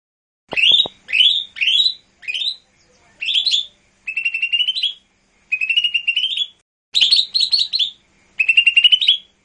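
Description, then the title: Bird song opening with a few rising whistled notes, then several rattling trills of about a second each, separated by short gaps. "SuaraBurung Kicau"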